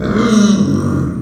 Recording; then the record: squeal of a Yucatan mini pig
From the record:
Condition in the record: after surgery on the right vocal fold (resection and tissue-engineered implant); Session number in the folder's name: 7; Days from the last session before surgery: 47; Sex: female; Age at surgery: 19 weeks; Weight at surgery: 25 kg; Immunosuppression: prednisolone